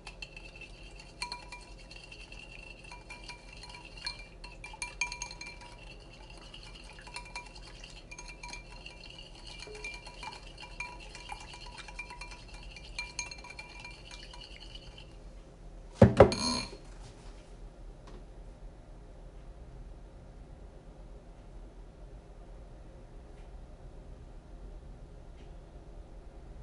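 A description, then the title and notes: Banana bread being made: light clinks and taps of utensils and bowls come every second or so over a low steady hum, with a ringing tone holding through the first fifteen seconds. Around sixteen seconds a loud clatter breaks in, then only the hum continues. Making Banana Bread. I made a loaf of banana bread.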